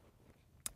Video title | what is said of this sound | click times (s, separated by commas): ASUS Transformer Pad TF300 | so it easily just snaps into place so now we have this full quy keyboard | 0.7 s